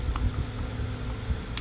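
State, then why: Not seated. A worn ignition coil wire connector, with a small cut piece slid behind its locking tab, is handled while being pushed onto the ignition coil. Only a low, steady rumble with brief light handling ticks is heard. The clip ends before the part goes home, so nothing has seated or clicked yet.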